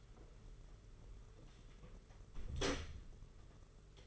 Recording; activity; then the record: daily activity, microphone in the room; close door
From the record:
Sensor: 4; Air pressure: 992.4 hPa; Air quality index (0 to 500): 114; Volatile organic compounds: 22 ppm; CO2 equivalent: 2750 ppm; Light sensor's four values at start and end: 21/72/26/28 and 21/75/27/29